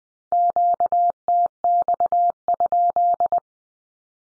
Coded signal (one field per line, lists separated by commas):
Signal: Morse code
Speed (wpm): 20 wpm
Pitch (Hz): 700 Hz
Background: none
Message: QTX?